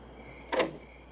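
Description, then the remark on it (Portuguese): A door is opened by a sergeant with one short, scraping clunk and a faint squeak, lasting about a quarter second over a steady low background hiss. “Sargento, abra a porta.”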